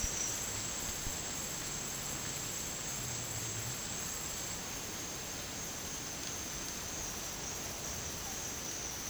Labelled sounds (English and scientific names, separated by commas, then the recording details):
none
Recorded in secondary vegetation near Puerto Asís, Putumayo, Colombia, on 27 June 2025 at 12:30
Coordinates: 0.484, -76.319
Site G074